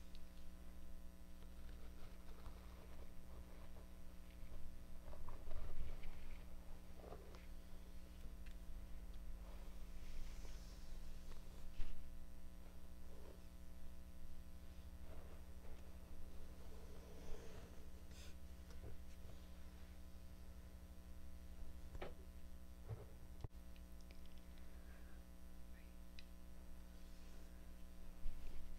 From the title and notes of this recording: ASMR Scalp Check Exam & Hair Mask.